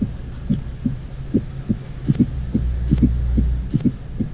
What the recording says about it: Listen to a fourth heart sound. I will begin with three normal beats and then add the fourth heart sound. An extra sound that interrupts the usual cadence. It sounds like a stone skipping a blum-blum, dun. We often say that's similar to the word Tennessee, where if you think about the first two syllables of Tennessee, we roll them together, tenna.